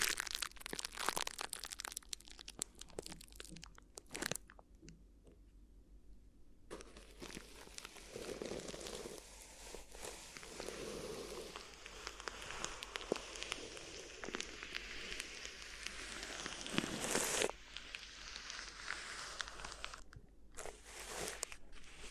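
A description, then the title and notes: Crinkly rubbing and crumpling fills nearly all of the sound, a dense run of bright crackles with a steady low hum underneath. The first seven seconds are choppier, with a brief near-silent gap around five seconds, before the crinkling settles into a continuous texture with sharper bursts near seventeen seconds. ASMR Addictive Crinkly Ear Massage (No Talking).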